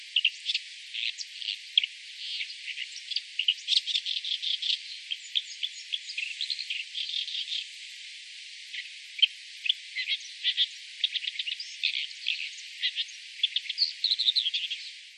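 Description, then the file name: Bull-headed shrike calling: a long run of rapid, varied high chattering and squeaky notes, coming in bursts with short pauses, continuous throughout. "mozu"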